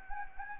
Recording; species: mosquito wingbeat signal from an infrared sensor; Anopheles gambiae